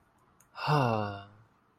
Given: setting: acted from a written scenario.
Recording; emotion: vocal sound without words; serenity